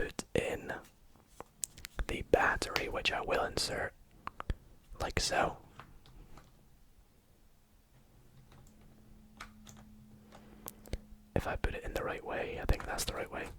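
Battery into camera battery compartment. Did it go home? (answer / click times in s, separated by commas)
no / none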